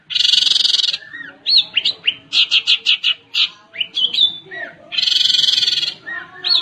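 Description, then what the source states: Long-tailed shrike song, mixing long harsh buzzy bursts with short clipped notes and slurred whistles, the buzzy burst returning near the end. Combination song.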